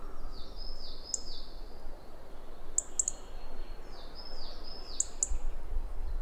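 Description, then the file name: European robin giving crisp high ticks singly and in small groups, alongside a series of soft down-slurred chirps and constant low noise. "Erithacus rubecula"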